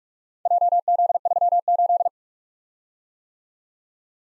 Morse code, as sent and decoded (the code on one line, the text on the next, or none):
.--- --.. ...-- ---..
JZ38